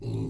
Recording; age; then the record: pig call; weaner (32 to 43 days)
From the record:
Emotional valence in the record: negative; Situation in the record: novel object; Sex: female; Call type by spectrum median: low-frequency call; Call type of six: low-frequency stable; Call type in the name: low-frequency stable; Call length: 0.30 s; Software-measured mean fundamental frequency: 55 Hz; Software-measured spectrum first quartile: 114 Hz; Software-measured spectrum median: 185 Hz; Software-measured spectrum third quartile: 349 Hz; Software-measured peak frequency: 126 Hz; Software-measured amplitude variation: 102 dB a second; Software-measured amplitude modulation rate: 23.4 a second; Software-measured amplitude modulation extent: 4.4 dB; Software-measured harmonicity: -4.9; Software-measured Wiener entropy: -0.31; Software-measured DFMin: 1273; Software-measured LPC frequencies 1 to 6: 281, 2618, 3887, 4177, 6008, 6473 Hz